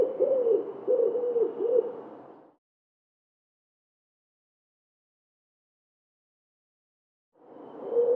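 Common wood pigeon cooing, a low hooting phrase of about three soft coos over two seconds, then silence, with another coo beginning at the end.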